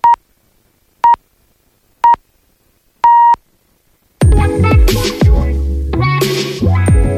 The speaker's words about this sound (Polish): Ostatni wydłużony sygnał oczywiście oznaczał, że minęła czwarta, a sygnał audycji Coś mi świta może oznaczać tylko jedno.